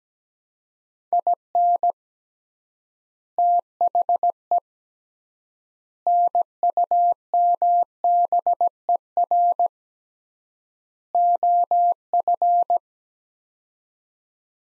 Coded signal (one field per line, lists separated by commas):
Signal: Morse code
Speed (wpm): 17 wpm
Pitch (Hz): 700 Hz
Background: none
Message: IN THE NUMBER OF